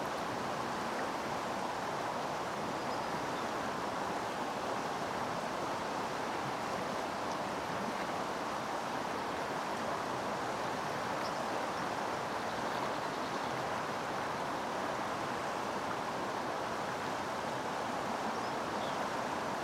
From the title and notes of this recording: This soundscape was recorded yesterday, capturing the Salmon River in the foothills of Mt. Hood near Brightwood, OR, at a place called Wildwood Recreation Site. The Salmon River in the foothills of Mt. Hood near Brightwood, OR.